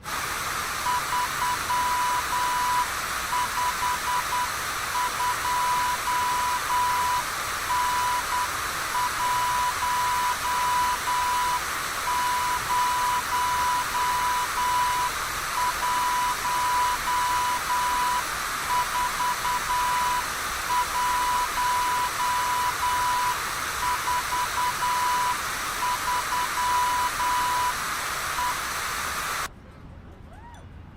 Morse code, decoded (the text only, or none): 352N1014143E